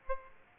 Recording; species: mosquito wingbeat signal from an infrared sensor; Aedes aegypti